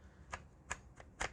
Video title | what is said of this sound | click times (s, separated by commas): Unboxing Amazon Cheapest Mobile Computer Stand | you can hear those clicks so it does click into place that's | 0.3 s, 0.7 s, 1.0 s, 1.2 s